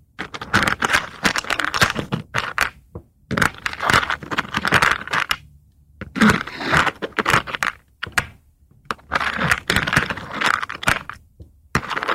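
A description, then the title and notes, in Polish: Wood creaks, crackles and snaps in dense bursts of sharp, bright cracks, each run lasting about two seconds. Short silent gaps separate the bursts, and a faint low hum sits beneath them. A final short crackle comes near the end. ZAŚNIJ PRZY DŹWIĘKACH DREWNA! ASMR po polsku.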